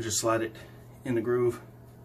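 Someone talks while handling a plastic pop-up drain fitting, sliding it into the groove of a new wall-hung sink's drain body and starting to twist it. Nothing has seated or clicked yet.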